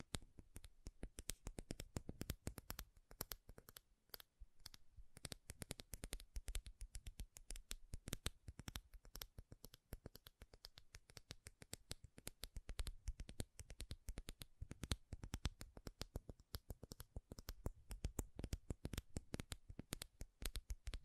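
Makeup tapping and scratching: dense, rapid clicks and taps run nonstop, crisp and bright, with busy irregular bursts and a few brief lulls.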